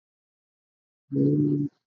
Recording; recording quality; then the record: sustained vowel as in beet; excellent, no background noise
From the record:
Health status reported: respiratory illness, not identified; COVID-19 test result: negative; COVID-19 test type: RT-PCR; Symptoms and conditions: cough, fever, muscle pain, another respiratory illness, another condition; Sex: female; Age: 27 years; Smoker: no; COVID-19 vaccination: both doses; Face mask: worn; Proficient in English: yes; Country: India